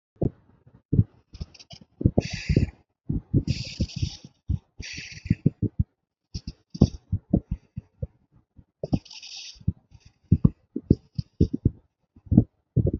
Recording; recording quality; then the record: shallow breathing; moderate, slight background noise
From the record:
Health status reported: healthy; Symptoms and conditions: none ticked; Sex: female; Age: 31 years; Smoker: not ticked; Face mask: not worn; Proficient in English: yes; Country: India